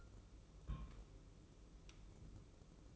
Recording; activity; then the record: daily activity, microphone in the room; place on stove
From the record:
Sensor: 1